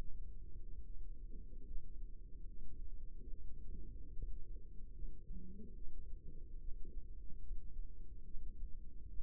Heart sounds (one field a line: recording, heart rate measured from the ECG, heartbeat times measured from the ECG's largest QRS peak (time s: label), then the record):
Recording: heart sounds by microphone in the left ear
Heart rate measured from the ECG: 73 bpm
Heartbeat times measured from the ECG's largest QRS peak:
0.85 s: heartbeat
1.66 s: heartbeat
2.48 s: heartbeat
3.31 s: heartbeat
4.14 s: heartbeat
4.94 s: heartbeat
5.76 s: heartbeat
6.59 s: heartbeat
7.42 s: heartbeat
8.25 s: heartbeat
9.10 s: heartbeat
From the record:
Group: healthy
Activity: cold pressor test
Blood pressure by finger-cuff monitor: 87/49 mmHg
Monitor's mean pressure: 62 mmHg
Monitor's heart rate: 72 bpm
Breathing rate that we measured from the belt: 21 breaths a minute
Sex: male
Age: 55 years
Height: 167 cm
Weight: 57.2 kg